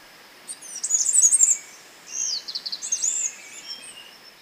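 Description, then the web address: Mountain wren singing a very high, jumbled phrase of quick trills and thin, sliding whistles, followed by a second rapid tinkling passage. Ecuador. "Natures Songs S America Birds of Ecuador Mountain Wren"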